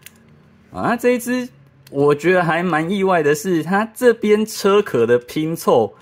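A plastic car-shell panel on a Transformers Studio Series 92 Deluxe Class Crosshairs transforming robot toy is lined up on its peg and pressed into the toy's body. It gives a sharp plastic snap at 0.1 s as the panel seats. Someone then talks.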